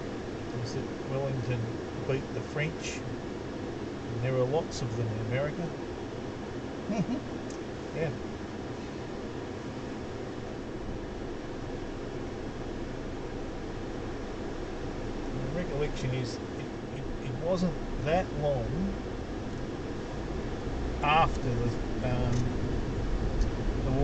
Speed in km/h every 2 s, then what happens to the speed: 0, 0, 0, 0, 0, 0, 0, 0, 0, 18, 24, 36.
0-16 standing. 16-24 pulls away to 36.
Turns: none.